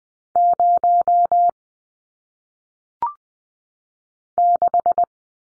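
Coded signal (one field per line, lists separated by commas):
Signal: Morse code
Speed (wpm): 20 wpm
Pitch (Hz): 700 Hz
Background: none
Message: 0 6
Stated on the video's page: Morse practice drill of single-digit numbers at 20 wpm for head-copy, each sent in Morse, spoken, then sent again.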